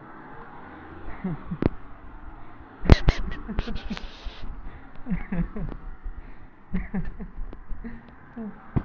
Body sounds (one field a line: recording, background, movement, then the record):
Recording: laughter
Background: traffic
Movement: walking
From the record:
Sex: male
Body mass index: 20.5 kg/m2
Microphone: on the chest, facing the body